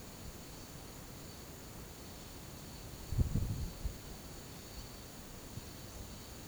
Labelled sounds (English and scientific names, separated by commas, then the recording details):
none
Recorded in pastures near Puerto Asís, Putumayo, Colombia, on 13 March 2025 at 14:00
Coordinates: 0.486, -76.323
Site G075